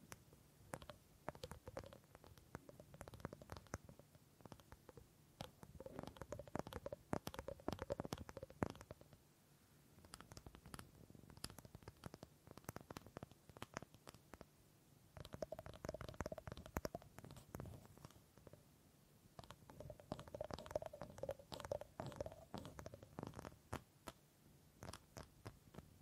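Wooden trigger sounds: dense bursts of quick taps and scratches, arriving in clusters around 2–9, 15–18 and 20–24 seconds, with quieter gaps between.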